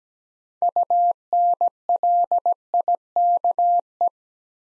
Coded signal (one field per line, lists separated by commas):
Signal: Morse code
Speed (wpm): 17 wpm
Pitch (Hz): 700 Hz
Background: none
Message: UNLIKE